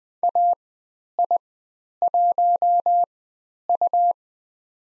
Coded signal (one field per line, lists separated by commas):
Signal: Morse code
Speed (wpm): 20 wpm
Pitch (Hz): 700 Hz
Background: none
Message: AI1U